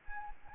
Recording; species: mosquito wingbeat signal from an infrared sensor; Anopheles arabiensis